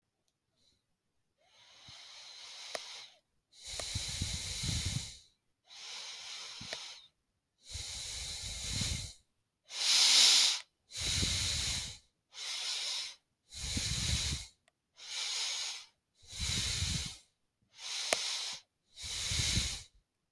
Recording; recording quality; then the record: shallow breathing; excellent, no background noise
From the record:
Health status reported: healthy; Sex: male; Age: 47 years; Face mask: not worn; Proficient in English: yes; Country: India